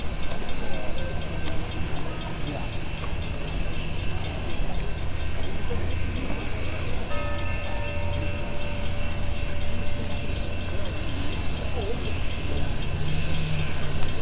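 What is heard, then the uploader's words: A steam locomotive idles at a street crossing, a steady heavy rumble with a low hum and hiss filling the whole clip. A long sustained whistle-like tone sounds from about seven to eleven seconds, and voices murmur in the background throughout. 844 Big Boy, Pacific, MO. A stereo field recording from October 2016 in Pacific, Missouri.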